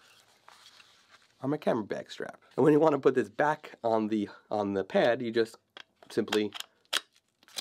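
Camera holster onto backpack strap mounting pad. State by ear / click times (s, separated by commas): not seated / none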